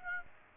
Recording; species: mosquito wingbeat signal from an infrared sensor; Aedes aegypti